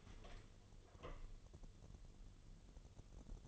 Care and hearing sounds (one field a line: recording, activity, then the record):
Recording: daily activity, microphone in the room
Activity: open door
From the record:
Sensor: 4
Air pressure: 1016.0 hPa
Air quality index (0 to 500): 200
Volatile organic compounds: 11 ppm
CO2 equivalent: 2281 ppm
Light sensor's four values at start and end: 9/20/8/7 and 9/20/8/7